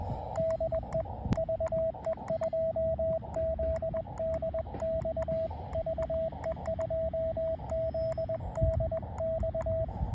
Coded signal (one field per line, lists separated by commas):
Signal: Morse code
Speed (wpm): 20 wpm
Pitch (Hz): 650 Hz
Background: radio noise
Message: DE VE2ZDX VE2ZDX